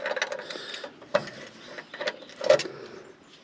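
A steel nut on a bolt in the steering linkage of a stuck truck is worked to tighten it, but the nut and both threads are stripped, so it just spins through. Broadband metallic ratcheting and scraping clatter come in bursts, with sharp knocks near 1.2 s and 2.5 s. Nothing seats or clicks tight; the nut cannot be tightened.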